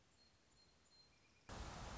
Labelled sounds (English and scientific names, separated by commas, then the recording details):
Song Sparrow (Melospiza melodia)
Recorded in Sonoma County, California